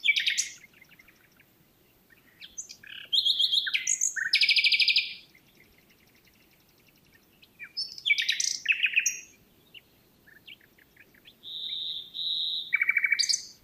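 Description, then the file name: Common nightingale singing in bursts: rapid repeated clicks and trills, a long steady whistle, buzzy rattles, with quiet pauses between phrases. "Luscinia megarhynchos"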